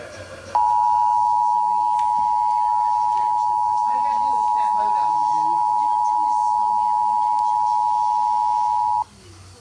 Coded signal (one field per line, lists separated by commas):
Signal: Emergency Alert System (SAME) tones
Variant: 853 and 960 Hz attention tone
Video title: DC Monthly March 2021: One radio? No problem!(EAS 480-490)